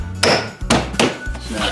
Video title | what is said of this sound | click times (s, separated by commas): How to replace a Chevy truck mirror. | it just snaps back into place | 0.2 s, 0.7 s, 1.0 s